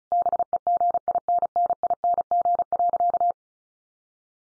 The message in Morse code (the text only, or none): BEGINNING.